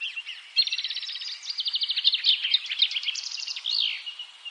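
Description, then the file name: Eurasian blackcap: a rapid chattering trill of repeated notes running into a scratchy, slurred warble. "Sylvia atricapilla"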